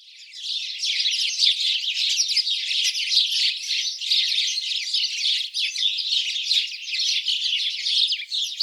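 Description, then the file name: House sparrow chorus, a steady mass of rapid, overlapping chirps and cheeps running without a break throughout. "Passer domesticus"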